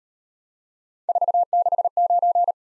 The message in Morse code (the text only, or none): 469